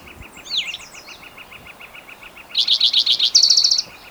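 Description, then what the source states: Spotted Towhee song: a burst of several slurred notes followed by a fast high trill, with another bird's curving whistle earlier and faint repeated chips throughout. Individual number one, recorded June 22, 2010, in Rhodes Canyon, Utah County, Utah.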